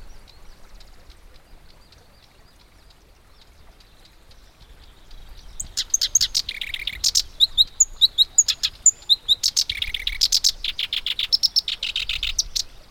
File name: warbler-black-browed-reed -Acrocephalus-bistrigiceps